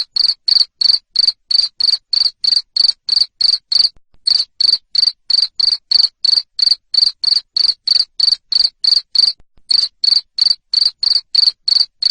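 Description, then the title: Cricket giving a loud, steady run of high chirps, roughly three each second, broken by two short pauses. Loud 'ngerik' cricket sound played to stimulate lovebirds to keep singing ('ngekek'). "Suara JANGKRIK NGERIK Keras Bikin LOVEBIRD Jadi NGEKEK Terus Vubey"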